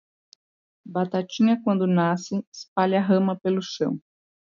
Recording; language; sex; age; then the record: short text; Brazilian Portuguese; female; 30 to 39 years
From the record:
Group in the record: control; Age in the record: 31 years